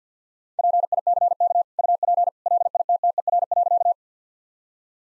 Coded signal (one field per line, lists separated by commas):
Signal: Morse code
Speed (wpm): 50 wpm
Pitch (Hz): 700 Hz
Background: none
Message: PICK UP LITTER.